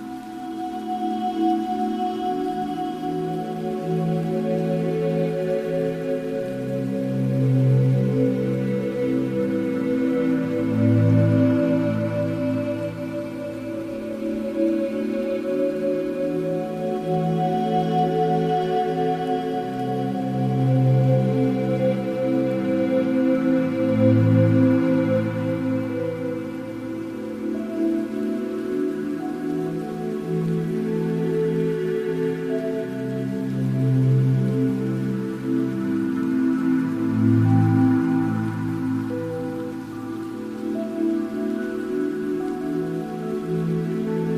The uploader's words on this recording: Relaxing minecraft music with soft rain.